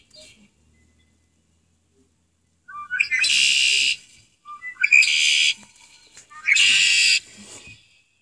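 Red-winged blackbird singing three times in quick succession, each song a brief rising note followed by a loud, buzzy, ringing trill lasting about a second.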